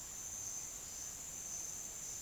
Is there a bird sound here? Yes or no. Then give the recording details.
no. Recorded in secondary vegetation near Puerto Asís, Putumayo, Colombia, on 30 June 2025 at 09:30. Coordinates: 0.485, -76.322. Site GP06